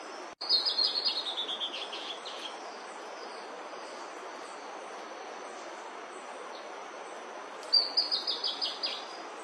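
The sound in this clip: Ferruginous antbird singing two descending series of high, evenly spaced notes separated by a long pause, over steady background hiss.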